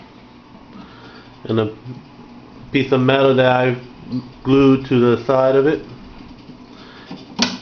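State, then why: Seated. Someone talks while the screened door of a reptile/cricket enclosure is closed, held shut by a magnet against a piece of metal glued to its side. The magnetic catch snaps shut with a sharp click at 7.4 s, and the door is seated closed.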